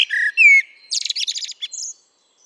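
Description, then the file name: Common blackbird song phrase: short whistled notes, then a fast run of high squeaky twitters and a thin high final note. "Turdus merula"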